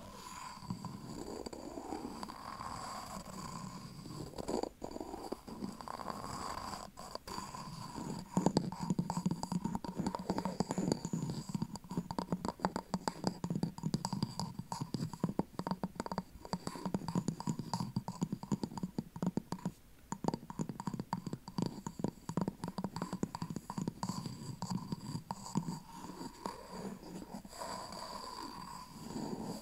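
Tapping and scratching on wood and cork, a dense run of quick, irregular clicks and scrapes that swells and grows busiest through the middle stretch. Slower sweeping strokes open and close the passage, over a faint steady tone and a low rumble.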